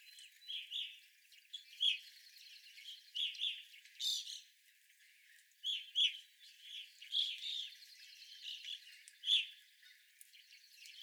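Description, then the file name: Evening grosbeak calls, short clear chirps repeated irregularly. Evening grosbeaks recorded on 25 April 2021. "2021-04-25 Evening Grosbeaks"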